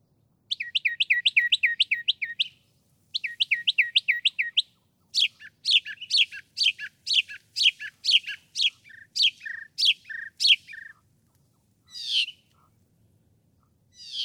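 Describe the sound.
Northern mockingbird song: a rapid series of repeated looping chirps in two bursts, then a slower run of sharp descending notes with pauses.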